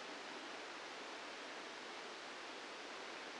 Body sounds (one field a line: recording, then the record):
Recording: brain microelectrode recording played as sound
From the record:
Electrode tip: inside the subthalamic nucleus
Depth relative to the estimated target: 1 mm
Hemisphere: left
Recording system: NeuroSet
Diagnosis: Parkinson's disease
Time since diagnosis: 8 years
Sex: male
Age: 65 years